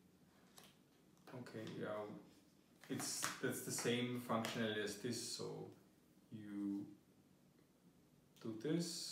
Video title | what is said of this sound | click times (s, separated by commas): Apple Watch Series 4 Unboxing | attach Bend click until you hear slightly and click OK | 0.6 s